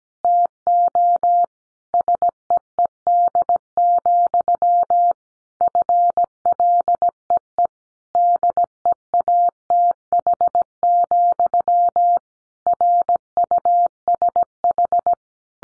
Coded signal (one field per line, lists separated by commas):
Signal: Morse code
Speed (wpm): 17 wpm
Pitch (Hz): 700 Hz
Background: none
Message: TO SEED, FLEE DEATH, RUSH